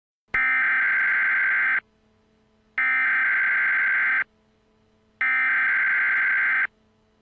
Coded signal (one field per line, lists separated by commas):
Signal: Emergency Alert System (SAME) tones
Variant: header bursts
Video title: EAS Scenario #2 Kidztube Hack